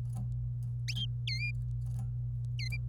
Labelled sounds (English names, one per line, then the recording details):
Domestic Canary song
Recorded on 26 April 2018 at 06:23
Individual llb3